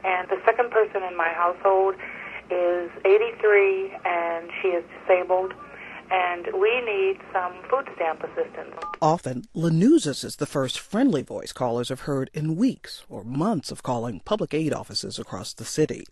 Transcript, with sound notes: And the second person in my household is 83, and she is disabled, and we need some food stamp assistance.
(Soundbite of Touch-Tone) Often Lanuza's is the first friendly voice callers have heard in weeks or months of calling public aid offices across the city.